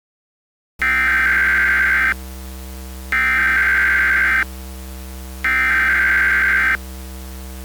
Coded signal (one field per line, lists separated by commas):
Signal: Emergency Alert System (SAME) tones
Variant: header bursts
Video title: Minneapolis Massacre (SB LII EAS Scenario)